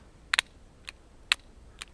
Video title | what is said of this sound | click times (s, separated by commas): If I Don't Keep It Plugged In, It Will Die... | nice satisfying click | 0.3 s, 1.3 s